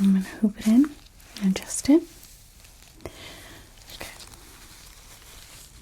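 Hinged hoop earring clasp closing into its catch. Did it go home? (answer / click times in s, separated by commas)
no / none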